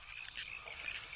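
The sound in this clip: Frog chorus, a steady high-pitched wash of overlapping calls with no single caller standing out.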